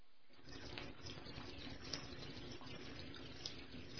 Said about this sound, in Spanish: En silencio, la mujer del médico salió y de un grifo medio bloqueado en un pasillo desolado llenó un cubo con agua fétida.